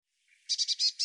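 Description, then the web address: Bird giving a rapid run of five high, harsh chirps after a soft lead-in note. "cianscape birddata Deverinetal 2025 File cleaned normalized Bird Cy Ca"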